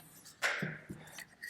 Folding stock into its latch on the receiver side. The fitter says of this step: and the stock locks in place under the ejection buffer